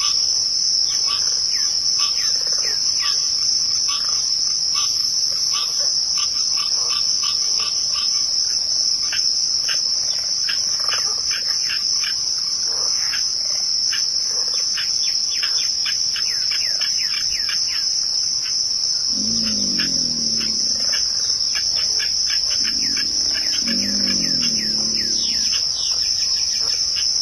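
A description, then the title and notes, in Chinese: A nighttime marsh, filled with a steady, high, continuous cricket trill that never lets up. Quick clicking and chirping calls dart through the middle range throughout. Around the twenty-second mark, low croaking sounds rise up briefly, twice. 大自然的声音：深夜的沼泽地里。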